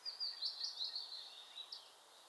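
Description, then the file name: European robin delivering a continuous, high, thin warble of quick trilled notes that tails off, over constant hiss. "Erithacus rubecula"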